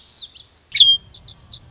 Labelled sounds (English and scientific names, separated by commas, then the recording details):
Lazuli Bunting (Passerina amoena)
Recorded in Sonoma County, California